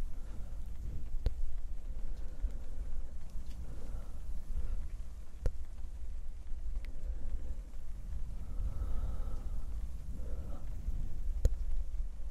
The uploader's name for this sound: ear to ear Mic Brushing and Breathy Whispers with Rain Sounds